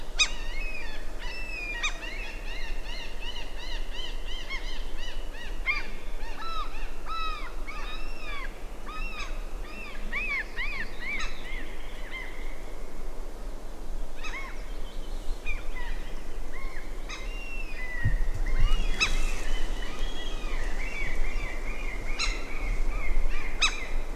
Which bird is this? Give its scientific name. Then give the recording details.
Larus canus. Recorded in the wild. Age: adult. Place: Halbinsel Kindo, Karelien, RU. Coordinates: 66.5367, 33.0611. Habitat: lake. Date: 1994-06-23 16:26. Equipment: Sony TCD-D3, Sennheiser ME 80, K 30 AV (I), Windschutz. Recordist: Frommolt, Karl-Heinz. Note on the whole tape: Nischnoje Erschowskoje Ozero: am Brutplatz, diverse Rufe der Altvögel, Küken sind zu sehen, Altvögel auch gesehen, Entfernung 30 - 50 m, 3 - 4 Brutpaare am See